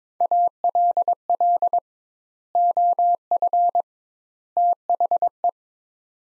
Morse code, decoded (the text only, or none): ALL OF THE